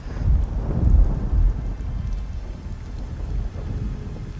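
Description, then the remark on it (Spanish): Deep rumbling thunder rolls beneath a steady, dense wash of heavy rain, with a few louder booming surges early on before settling into a continuous low growl and hiss. “Los relámpagos se sucedían uno tras otro junto con los martillantes truenos que hacían vibrar toda la casona.”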